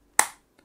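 The metal fold hinge in the headband of an MSI Immerse GH40 ENC USB 7.1 gaming headset is folded. It snaps into position with a sharp, bright click at 0.2 s that decays over about 0.2 s, followed by a faint tick at 0.6 s. The hinge clicks firmly into place and is seated.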